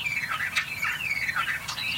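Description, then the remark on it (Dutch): A bird mimics a car alarm: a steady, high electronic-sounding whistle with rising and falling sweeps and sharp chirpy bursts repeating in a looping pattern, fairly loud over a low rumble. “Maar hij doet op een gegeven moment ook een autoalarm na.”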